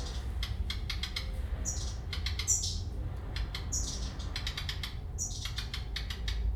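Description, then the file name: Redstart giving high, thin whistles between dry crackling bursts, several phrases in quick succession, with a steady low hum underneath. "rehek"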